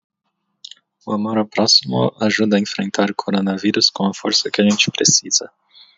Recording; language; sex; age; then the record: spoken sentence; Brazilian Portuguese; male; 30 to 39 years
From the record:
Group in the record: control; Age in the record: 33 years